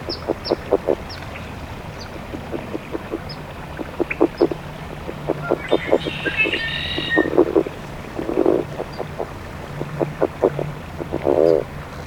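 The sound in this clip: California red-legged frog calls: short low pulsed notes in uneven series, then two longer stuttering grunts near the end; faint high bird chirps and a brief higher trill mid-way.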